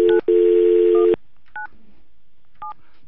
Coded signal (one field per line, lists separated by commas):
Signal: DTMF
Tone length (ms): 120 ms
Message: 9197